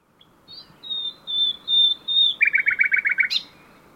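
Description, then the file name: Common nightingale song: a thin opening note, then a long, steady, high whistled series, ending in a rapid run of about eight buzzy repeated notes and a sharp final flourish. "Luscinia megarhynchos"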